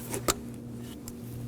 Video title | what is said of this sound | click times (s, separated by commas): How to Replace Upstream Bank 1 Sensor 1 O2Sensor 2011-2016 Kia Optima 2.4L L4 | Make sure you hear a click, | 0.3 s